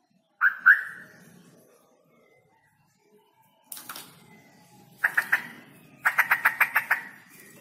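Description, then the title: Straw-headed bulbul song: a pair of whistled notes, scattered short notes, then a fast run of several clipped repeated notes. Male, singing loudly with long trills. "Cucak ROWO Jantan GACOR Suara Lantang ROoo EL Panjang"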